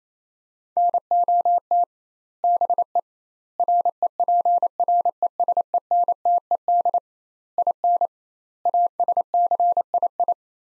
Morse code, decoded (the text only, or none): NOT BE REPRESENTED IN ASCII